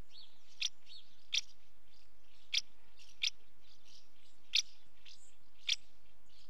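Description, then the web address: House martin calls: sharp high chirps spaced about a second apart, with faint soft twitters between them and nothing else audible. Female calling at the nest. "BBC Sound Effects Library. House Martin"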